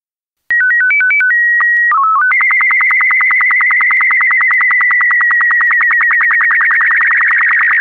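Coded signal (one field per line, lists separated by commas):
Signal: SSTV (slow-scan television)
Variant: BW 12 mode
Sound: quick rising-falling beeps, steady whistle, short chirpy code, then buzzing warbling tone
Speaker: volgt nu het SS tv plaatje in BW 12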